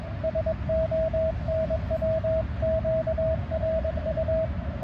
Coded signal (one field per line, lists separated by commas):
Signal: Morse code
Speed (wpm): 22 wpm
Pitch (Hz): 640 Hz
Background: radio noise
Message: SO NW QRU